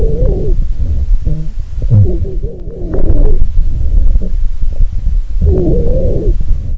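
Adult lungs heard by stethoscope, with a wheeze: musical, tonal sounds around 300–600 Hz heard early and again near the end.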